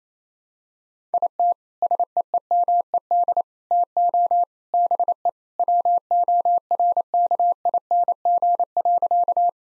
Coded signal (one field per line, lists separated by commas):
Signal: Morse code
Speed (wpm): 27 wpm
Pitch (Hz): 700 Hz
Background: none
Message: IT SEEMED TO BE WORKING.